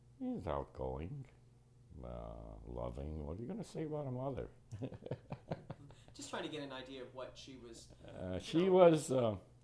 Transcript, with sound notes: She was outgoing, loving. What are you going to say about a mother? [Laughs]
Just trying to get an idea of what she was-
She was a